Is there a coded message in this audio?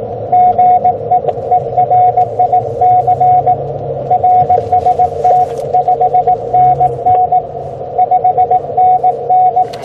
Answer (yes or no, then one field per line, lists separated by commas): yes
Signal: Morse code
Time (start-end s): 0.3-9.6 s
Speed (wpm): 18 wpm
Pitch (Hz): 730 Hz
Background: radio noise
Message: GE ERIC RST 5NN 5NN